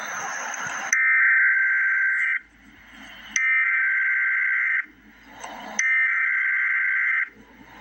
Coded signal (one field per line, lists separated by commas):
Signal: Emergency Alert System (SAME) tones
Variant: header bursts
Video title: Emergency Alert System - Winter Storm Watch - Jan 17, 2024 at 2:30 PM EST